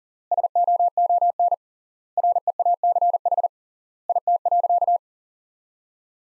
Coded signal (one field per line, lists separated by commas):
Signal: Morse code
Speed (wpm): 37 wpm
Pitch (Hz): 700 Hz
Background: none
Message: SOON REACH IT.